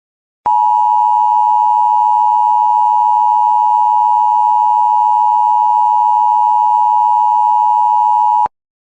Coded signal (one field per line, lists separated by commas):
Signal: Emergency Alert System (SAME) tones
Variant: 853 and 960 Hz attention tone